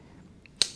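A metal laryngoscope blade is swung up on its handle and locks into the working position with a sharp snap at 0.6 s, which switches on its light. A faint tick comes just before at 0.5 s, and the blade is seated.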